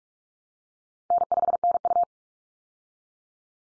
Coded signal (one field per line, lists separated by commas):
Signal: Morse code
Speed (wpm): 44 wpm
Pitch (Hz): 700 Hz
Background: none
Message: N5NU